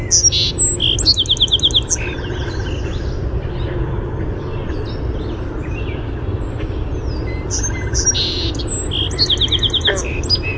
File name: SOSP song